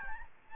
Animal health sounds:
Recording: mosquito wingbeat signal from an infrared sensor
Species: Aedes albopictus

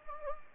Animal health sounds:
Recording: mosquito wingbeat signal from an infrared sensor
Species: Anopheles gambiae

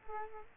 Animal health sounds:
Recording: mosquito wingbeat signal from an infrared sensor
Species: Culex quinquefasciatus

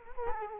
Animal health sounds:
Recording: mosquito wingbeat signal from an infrared sensor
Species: Culex quinquefasciatus

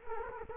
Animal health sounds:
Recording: mosquito wingbeat signal from an infrared sensor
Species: Culex quinquefasciatus

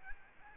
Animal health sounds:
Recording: mosquito wingbeat signal from an infrared sensor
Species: Aedes albopictus

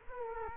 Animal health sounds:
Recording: mosquito wingbeat signal from an infrared sensor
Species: Culex quinquefasciatus

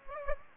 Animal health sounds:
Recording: mosquito wingbeat signal from an infrared sensor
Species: Aedes aegypti

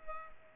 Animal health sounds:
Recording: mosquito wingbeat signal from an infrared sensor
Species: Culex pipiens

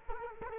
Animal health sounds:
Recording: mosquito wingbeat signal from an infrared sensor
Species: Culex quinquefasciatus

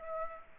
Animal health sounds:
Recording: mosquito wingbeat signal from an infrared sensor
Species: Aedes aegypti

